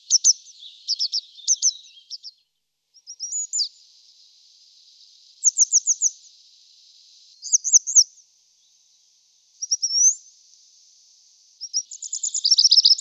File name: ballerina gialla